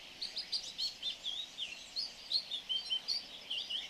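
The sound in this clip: Angola swallow calls, a steady run of high squeaky chirps and slurred notes, several per second, over a soft background hiss.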